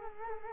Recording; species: mosquito wingbeat signal from an infrared sensor; Culex quinquefasciatus